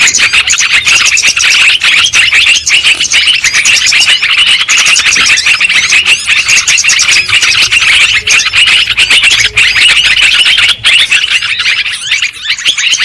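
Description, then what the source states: Lovebirds chattering nonstop, a dense mass of shrill, high squeaky chirps and twitters overlapping throughout with no pauses. Lure sound used for trapping lovebirds.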